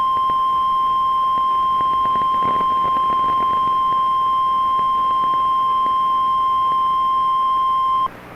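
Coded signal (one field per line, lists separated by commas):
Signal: Emergency Alert System (SAME) tones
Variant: 1050 Hz attention tone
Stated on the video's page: Severe thunderstorm warning containing valid alert tones.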